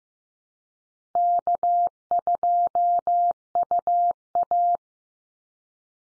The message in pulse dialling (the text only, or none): none